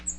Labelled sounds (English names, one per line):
Cape May Warbler flight call